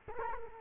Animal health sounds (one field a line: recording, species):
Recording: mosquito wingbeat signal from an infrared sensor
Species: Culex quinquefasciatus